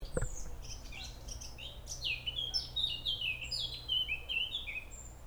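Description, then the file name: Eurasian blackcap song: a fast, rich warble of high, varied chirps and slurred notes tumbling together, with a low steady hum beneath. "Sylvia atricapilla"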